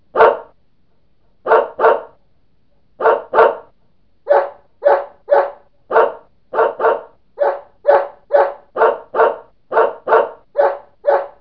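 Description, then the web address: Animal barking: short, sharp barks repeated throughout with quiet gaps between, and no other sounds. "动物的叫声"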